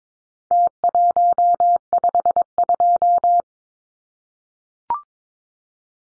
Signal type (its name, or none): Morse code